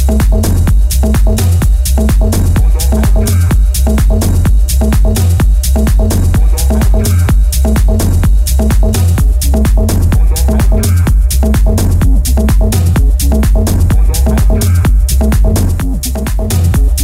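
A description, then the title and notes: A late night party is dominated by loud dance music with a heavy, thumping bass line and a fast, steady beat of sharp percussive hits. The music stays dense and level throughout, with faint voices possibly mixed in underneath. The sounds of a secret late night party. Recorded somewhere in California.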